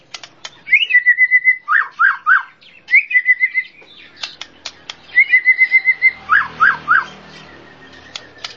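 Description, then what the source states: Bird song phrase given twice: a level whistled note followed by three quick descending slurred notes, interspersed with sharp chips. Complete set of masteran bird song.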